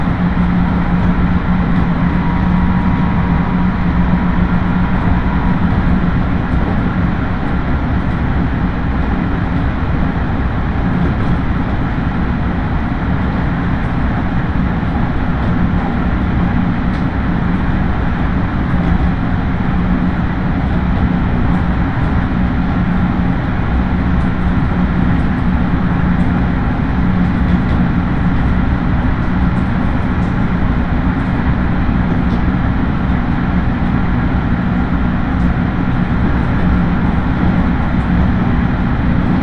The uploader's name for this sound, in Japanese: 東海道本線各駅停車 豊橋→西岡崎